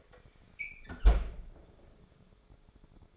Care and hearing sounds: daily activity, microphone in the room; close fridge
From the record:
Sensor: 5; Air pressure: 1004.7 hPa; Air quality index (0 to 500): 157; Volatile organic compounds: 3 ppm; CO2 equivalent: 1483 ppm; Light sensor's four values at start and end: 23/53/21/20 and 21/48/19/18

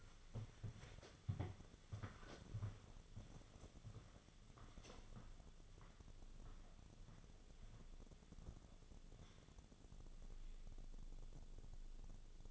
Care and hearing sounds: daily activity, microphone in the room; walk to room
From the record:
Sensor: 4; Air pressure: 1000.8 hPa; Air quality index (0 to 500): 120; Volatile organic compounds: 1 ppm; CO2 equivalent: 909 ppm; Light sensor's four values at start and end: 60/149/63/69 and 62/154/65/71

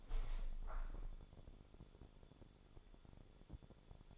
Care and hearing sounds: daily activity, microphone in the room; open window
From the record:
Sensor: 5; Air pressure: 1015.0 hPa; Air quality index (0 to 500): 94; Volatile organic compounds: 2 ppm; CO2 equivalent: 1000 ppm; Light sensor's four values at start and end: 35/80/32/31 and 35/80/32/31

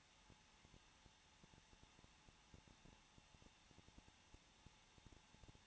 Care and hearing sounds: daily activity, microphone in the room; no activity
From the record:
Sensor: 1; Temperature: 20.0 degrees Celsius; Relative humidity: 39.5%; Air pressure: 1006.4 hPa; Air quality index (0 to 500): 219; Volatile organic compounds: 83 ppm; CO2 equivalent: 3629 ppm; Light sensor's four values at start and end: 1/2/1/1 and 1/2/1/1

